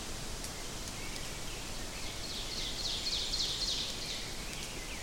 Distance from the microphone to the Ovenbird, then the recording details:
about 45 m. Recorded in boreal forest in Alberta, Canada, on 4 June 2016 at 07:23. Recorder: SongMeter 3, array SBT-3-51. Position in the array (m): 185 m, 188 m. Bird 28